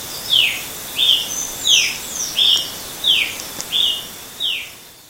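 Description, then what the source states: Brazilian tanager calls: sharp chipping notes, about seven in five seconds, some falling and some flat. Recorded in Itatiaia National Park, Brazil, at 6 am; date given as 10-1-14; recordist A. Silveira.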